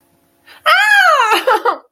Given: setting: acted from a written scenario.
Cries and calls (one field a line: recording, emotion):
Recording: vocal sound without words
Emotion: fear